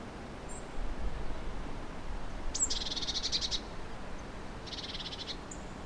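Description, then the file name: Eurasian blue tit giving two buzzy churring rattles about two seconds apart, with a thin high note, over low rumbling background noise. "Cyanistes caeruleus"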